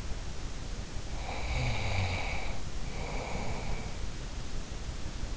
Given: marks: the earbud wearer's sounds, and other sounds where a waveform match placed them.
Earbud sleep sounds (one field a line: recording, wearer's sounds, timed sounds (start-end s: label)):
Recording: sounds in sleep by an in-ear microphone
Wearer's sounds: snoring breath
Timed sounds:
1.14-4.03 s: snoring breath